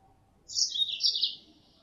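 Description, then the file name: Mozambique canary call, a single high twittering phrase of about one second, sliding slightly downward, over a quiet background. Female Mozambique canary; lure sound used to attract birds. "suara pancingan mozambik betina"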